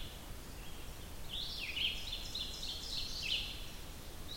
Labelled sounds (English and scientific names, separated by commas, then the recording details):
Ovenbird (Seiurus aurocapilla) song
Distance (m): 85 m
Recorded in boreal forest in Alberta, Canada, on 27 June 2016 at 06:28
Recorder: SongMeter 3, array SBT-6-79
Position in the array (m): 134 m, 148 m
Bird 40